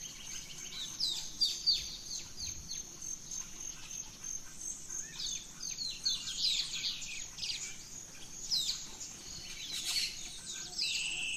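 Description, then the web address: Birds chorus with rapid, overlapping chirps and slurred high notes in repeated bursts, a shrill insect tone steady behind them. Dawn chorus in rainforest at Gran Sabana, Venezuela. "naturescapes Birds in the Rainforest 03 Dawn Venezuela Gran Sabana"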